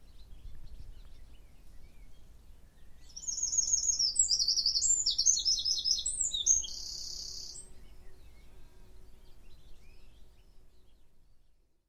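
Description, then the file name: Eurasian wren song: a few seconds of very high, rapid trills and twittering notes. "Troglodytes troglodytes"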